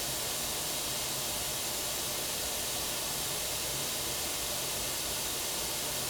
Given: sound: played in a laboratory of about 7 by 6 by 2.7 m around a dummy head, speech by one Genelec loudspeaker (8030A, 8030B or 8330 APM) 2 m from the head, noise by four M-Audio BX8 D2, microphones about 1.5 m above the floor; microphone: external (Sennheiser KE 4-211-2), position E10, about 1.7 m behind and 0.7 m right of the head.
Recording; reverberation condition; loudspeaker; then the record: white noise; low; four, about 170 cm from the corners of the room and facing them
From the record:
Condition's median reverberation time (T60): about 310 ms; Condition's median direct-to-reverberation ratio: about 3.5 dB